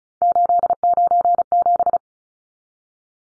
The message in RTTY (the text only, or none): none